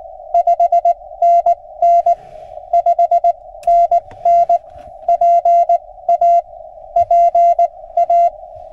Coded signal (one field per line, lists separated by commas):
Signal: Morse code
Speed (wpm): 19 wpm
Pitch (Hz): 690 Hz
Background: none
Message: 5NN 5NN PA PA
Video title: POTA @ K-8843 PA State Gamelands #145 Feb. 3, 2024